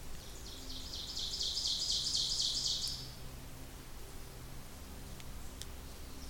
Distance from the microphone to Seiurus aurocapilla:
about 40 m